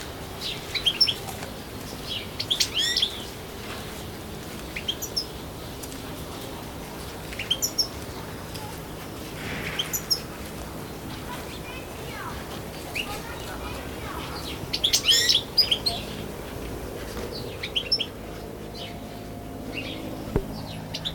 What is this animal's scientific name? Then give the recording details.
Carduelis carduelis. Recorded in captivity. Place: Zoo Berlin, Berlin, DE. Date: 1996-01-21 13:39. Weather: heiter, -7°C. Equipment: Sony MD-WM MZ-R3, Sennheiser ME 80, Kopie Uher 4000 Report Monitor. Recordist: Tembrock, Günter. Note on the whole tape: Stieglitz: Lautfolgen, Entfernung 2 m